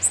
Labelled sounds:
Blue-winged Warbler flight call

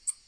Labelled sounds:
Tennessee Warbler flight call

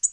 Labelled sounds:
Tennessee Warbler flight call

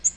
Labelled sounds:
Yellow-rumped Warbler flight call

